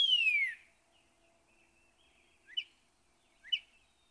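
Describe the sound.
Northern cardinal song: one strong whistle slurring downward, then two short, quieter notes a second apart over a faint low hum.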